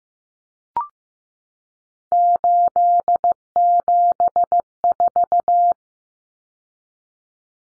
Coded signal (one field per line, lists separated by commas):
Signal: Morse code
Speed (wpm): 15 wpm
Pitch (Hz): 700 Hz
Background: none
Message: 874